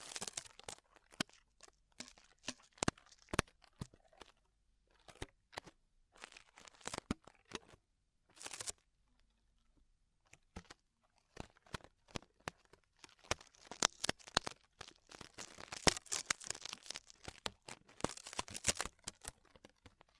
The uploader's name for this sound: Extremely Tingly Ear Exploration